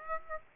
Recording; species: mosquito wingbeat signal from an infrared sensor; Aedes aegypti